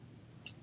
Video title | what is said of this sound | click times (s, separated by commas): Lab Grown Diamonds with Lauren Masters | and it just clicks into place. | 0.5 s